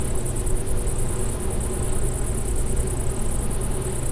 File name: wind-energy-plant gbushcrick-SEV-AV 2224 h d bb klein-leine